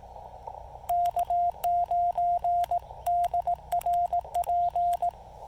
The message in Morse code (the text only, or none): K9DRP